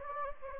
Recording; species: mosquito wingbeat signal from an infrared sensor; Anopheles gambiae